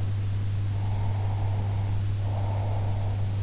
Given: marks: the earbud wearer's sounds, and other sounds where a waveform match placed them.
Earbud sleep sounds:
sounds in sleep by an in-ear microphone; breath
0.71-3.31 s: breath

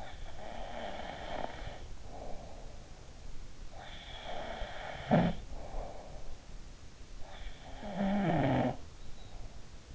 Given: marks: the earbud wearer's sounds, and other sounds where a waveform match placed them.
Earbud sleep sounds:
sounds in sleep by an in-ear microphone; snoring breath
0.00-2.98 s: snoring breath
3.83-6.39 s: snoring breath
7.14-9.42 s: snoring breath

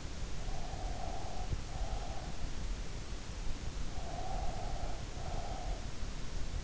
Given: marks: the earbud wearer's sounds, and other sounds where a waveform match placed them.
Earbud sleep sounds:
sounds in sleep by an in-ear microphone; breath
0.48-2.42 s: breath
3.90-6.23 s: breath

